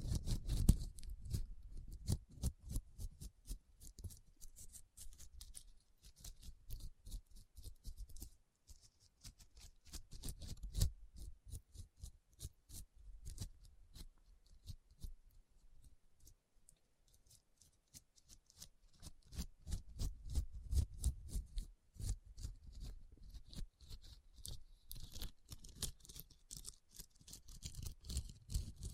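Rhinestones being tapped and scratched in a quick, dense stream of tiny clicks that runs for the whole clip. The sharp, bright ticks come in uneven bursts, heavier near the start, around 10 seconds and after 20 seconds, with a soft low rumble underneath.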